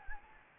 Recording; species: mosquito wingbeat signal from an infrared sensor; Anopheles gambiae